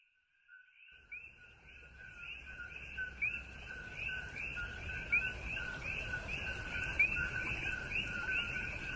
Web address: pitre. coqui